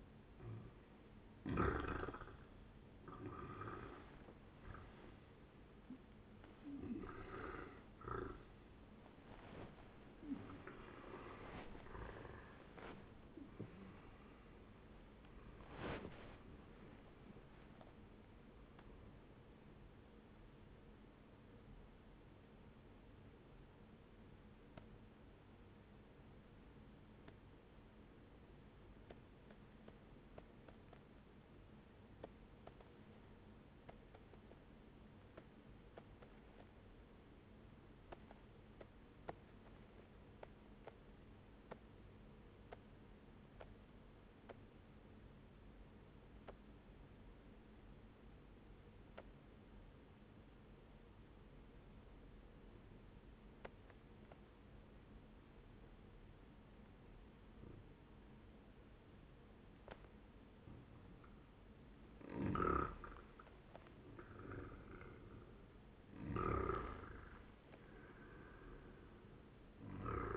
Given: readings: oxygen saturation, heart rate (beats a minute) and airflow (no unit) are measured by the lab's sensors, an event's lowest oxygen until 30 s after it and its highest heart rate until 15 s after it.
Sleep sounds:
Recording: breathing in sleep by a voice recorder at the bedside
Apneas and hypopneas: 1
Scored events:
2.00-53.00 s: awake
29.00-60.80 s: obstructive apnea (scored as awake, oxygen 98% highest, then 93% lowest, heart rate 65 at the start, 77 highest)
30.00-70.37 s: new sleep stage, N1 (lightest sleep)
From the record:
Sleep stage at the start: awake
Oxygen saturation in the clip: 91 to 98%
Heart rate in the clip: 63 to 82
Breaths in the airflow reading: 9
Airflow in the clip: -13.7 to 14.0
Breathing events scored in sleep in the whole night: 131 in 7.2 hours asleep

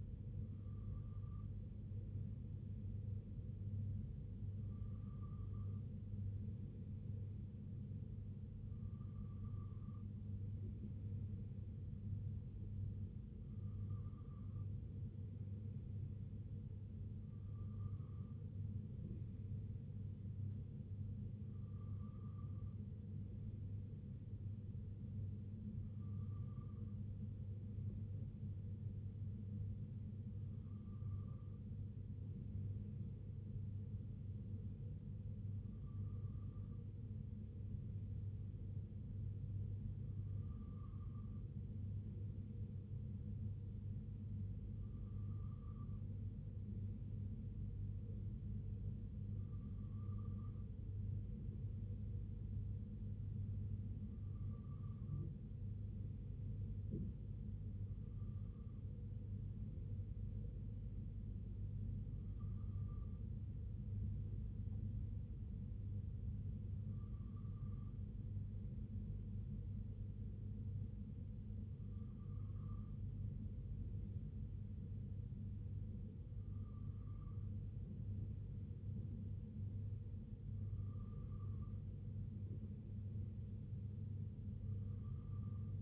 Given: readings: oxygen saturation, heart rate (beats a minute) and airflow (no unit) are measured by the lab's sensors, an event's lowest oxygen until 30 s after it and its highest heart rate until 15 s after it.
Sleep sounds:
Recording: breathing in sleep by a smartphone at the bedside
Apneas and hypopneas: none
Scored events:
none scored
From the record:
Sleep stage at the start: N2 (light sleep)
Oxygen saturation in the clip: 94 to 95%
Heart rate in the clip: 60 to 65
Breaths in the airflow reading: 19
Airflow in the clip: -3.2 to 2.0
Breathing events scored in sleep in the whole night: 258 in 7.4 hours asleep

